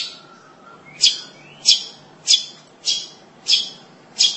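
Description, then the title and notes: Long-tailed shrike uttering short, rasping chack notes, six in a row, spaced a little over half a second apart, with quiet hiss between them. "Suara burung pentet"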